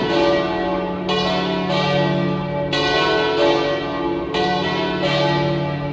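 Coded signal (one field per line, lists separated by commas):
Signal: bell signal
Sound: several church bells swinging in a continuous overlapping peal with rich ringing tones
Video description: Battiore e distesa delle tre maggiori (dura circa un minuto e mezzo) delle 18:00 per la Messa prefestiva nella vigilia della solennità di Tutti i Santi, 31 ottobre 2018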